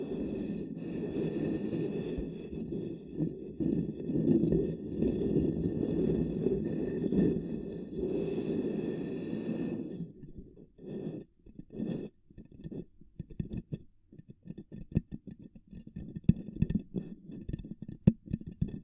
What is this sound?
Ear Cupping Triggers